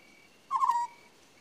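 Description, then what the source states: Owl utters a single short, rasping screech that falls in pitch, over a thin, high background trill. Owl calling at night with crickets in the background.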